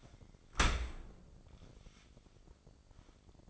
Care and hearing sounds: daily activity, microphone in the room; open dishwasher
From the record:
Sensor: 5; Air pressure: 1012.4 hPa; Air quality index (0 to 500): 164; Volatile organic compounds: 2 ppm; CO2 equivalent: 1112 ppm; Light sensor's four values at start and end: 128/305/130/145 and 128/307/130/145

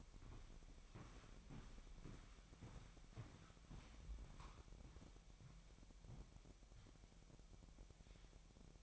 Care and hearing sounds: daily activity, microphone in the room; walk to room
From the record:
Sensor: 1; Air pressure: 1012.2 hPa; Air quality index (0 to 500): 191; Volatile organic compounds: 4 ppm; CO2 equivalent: 1538 ppm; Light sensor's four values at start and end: 82/197/83/89 and 83/199/84/89

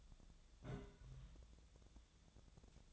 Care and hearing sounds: daily activity, microphone in the room; place on stove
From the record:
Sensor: 3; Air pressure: 1000.0 hPa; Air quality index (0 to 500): 124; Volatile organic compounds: 2 ppm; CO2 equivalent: 1115 ppm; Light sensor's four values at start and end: 38/96/41/45 and 38/96/41/45

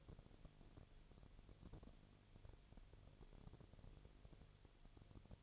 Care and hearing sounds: daily activity, microphone in the room; no activity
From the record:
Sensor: 4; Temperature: 22.4 degrees Celsius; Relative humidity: 31.1%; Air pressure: 1004.1 hPa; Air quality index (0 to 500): 86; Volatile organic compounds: 1 ppm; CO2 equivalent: 772 ppm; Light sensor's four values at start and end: 2/3/1/1 and 2/3/1/1

